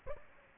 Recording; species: mosquito wingbeat signal from an infrared sensor; Aedes aegypti